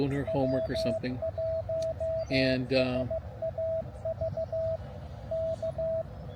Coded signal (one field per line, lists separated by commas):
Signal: Morse code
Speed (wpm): 15 wpm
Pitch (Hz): 650 Hz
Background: speech, radio noise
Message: W1SAV K